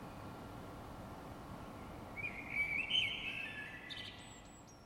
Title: Parisian bird singing in the middle of the night